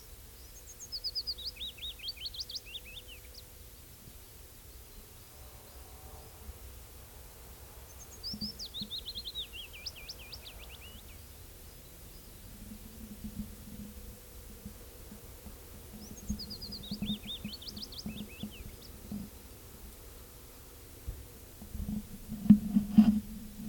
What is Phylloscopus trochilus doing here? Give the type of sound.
song